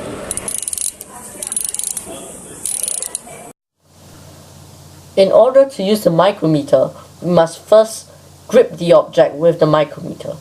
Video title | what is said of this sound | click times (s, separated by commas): Physics Video | until you hear a clicking sound the clicking sounds like this | 0.3 s, 1.7 s, 2.7 s, 2.8 s, 2.9 s, 3.2 s